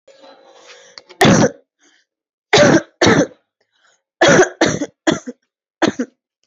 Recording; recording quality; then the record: heavy voluntary cough; excellent, no background noise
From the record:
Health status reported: respiratory illness, not identified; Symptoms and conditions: none ticked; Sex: female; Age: 26 years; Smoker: not ticked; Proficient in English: yes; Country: India